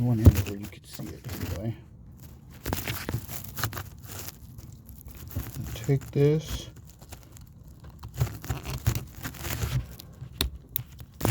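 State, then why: Seated. Someone talks while working one-handed, with crinkling and rustling handling noise, to press an OEM-style plastic plug into the opening where a connector was removed on a 1961 Lincoln Continental. A sharp click at 10.8 s marks the plug seating in place.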